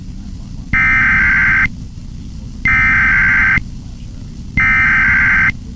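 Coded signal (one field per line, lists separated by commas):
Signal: Emergency Alert System (SAME) tones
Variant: header bursts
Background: speech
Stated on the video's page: 911 Telephone Outage Emergency for Sedgwick, Kansas, caught from a classical/EAS NERP station live stream.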